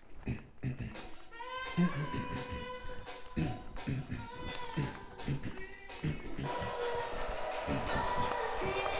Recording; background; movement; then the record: throat clearing; music; walking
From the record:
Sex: male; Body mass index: 23.7 kg/m2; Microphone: on the chest, facing outward